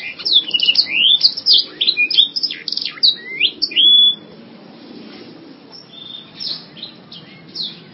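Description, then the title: Canary song opening with a loud run of quick, bright whistled slurs and chirps, then fading to softer, scattered high notes over a low background hiss. "Kenari"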